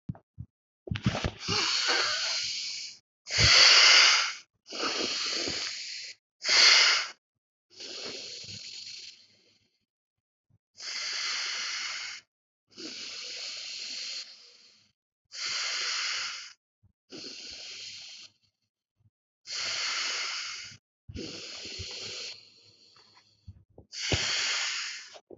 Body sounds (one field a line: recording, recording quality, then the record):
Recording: deep breathing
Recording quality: excellent, no background noise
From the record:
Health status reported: healthy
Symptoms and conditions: cough, cold, loss of smell and taste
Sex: male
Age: 28 years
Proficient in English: yes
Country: India